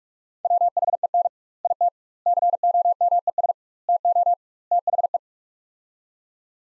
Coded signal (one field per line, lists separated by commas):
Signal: Morse code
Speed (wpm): 46 wpm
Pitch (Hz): 700 Hz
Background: none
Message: WHEN IT COMES TO THE